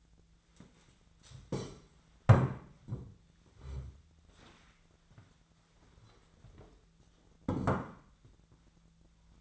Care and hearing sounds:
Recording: daily activity, microphone in the room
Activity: stand up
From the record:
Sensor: 3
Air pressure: 1008.1 hPa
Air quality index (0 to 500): 192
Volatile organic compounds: 14 ppm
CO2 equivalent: 2468 ppm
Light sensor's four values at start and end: 12/29/13/13 and 14/33/14/14

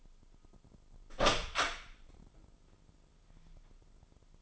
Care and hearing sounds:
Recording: daily activity, microphone in the room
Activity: open door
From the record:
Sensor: 5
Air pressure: 996.3 hPa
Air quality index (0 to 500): 40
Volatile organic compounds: 1 ppm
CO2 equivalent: 639 ppm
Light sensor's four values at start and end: 43/100/41/43 and 43/100/41/43

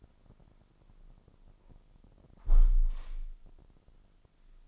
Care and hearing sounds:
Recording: daily activity, microphone in the room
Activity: close window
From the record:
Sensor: 5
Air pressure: 1004.8 hPa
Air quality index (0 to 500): 80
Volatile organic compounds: 1 ppm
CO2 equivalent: 957 ppm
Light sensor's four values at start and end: 34/79/31/31 and 33/78/31/31

